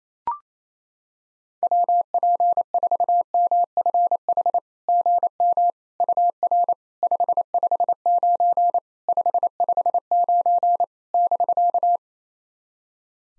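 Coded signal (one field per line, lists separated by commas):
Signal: Morse code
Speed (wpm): 28 wpm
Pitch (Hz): 700 Hz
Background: none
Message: WP4MFH GM UR 559 559 <BK>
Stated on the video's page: Simulated SOTA QSO practice at 28 wpm: each exchange sent in Morse, spoken, then sent again.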